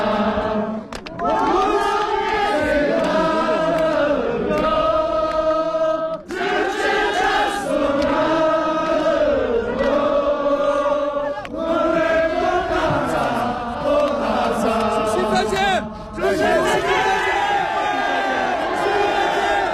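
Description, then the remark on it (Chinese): A crowd of villagers in their village sings a guest-keeping song (留客歌) together in a loud, sustained, wavering melody, their voices rising and falling in long phrases, with applause and cheering mixed in beneath the steady singing. “村民们又动情唱起留客歌，掌声、歌声、欢呼声在村子里久久回荡。”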